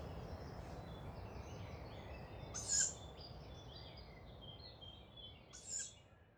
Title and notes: La jeune chouette de Vincennes. 29 mai 2019-5h15-Bois de Vincennes. ce souffle caractéristique des jeunes Chouettes hulottes (Strix aluco)